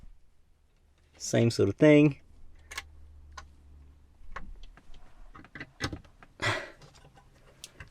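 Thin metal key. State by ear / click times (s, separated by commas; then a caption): not seated / none. A thin flat metal radio removal key is pushed hard into the second release slot of an Audi A3/S3 8V head unit. Someone talks briefly, followed by short, quiet ticks and scrapes of handling around 2.8, 4.4, 5.6, 5.8 and 7.6 seconds. The key has not yet clicked into the unit's internal clip, and nothing has seated.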